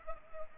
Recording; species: mosquito wingbeat signal from an infrared sensor; Culex pipiens